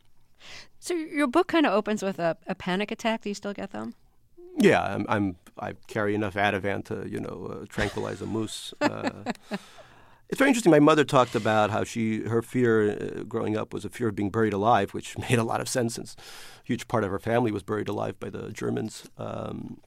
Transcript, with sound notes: So your book kind of opens with a panic attack. Do you still get them?
Yeah. I carry enough Ativan to, you know, tranquilize a moose.
(LAUGHTER)
It's very interesting. My mother talked about how she - her fear growing up was a fear of being buried alive, which made a lot of sense since a huge part of her family was buried alive by the Germans.